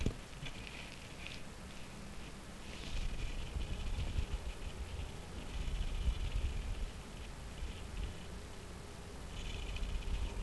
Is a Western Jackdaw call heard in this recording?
no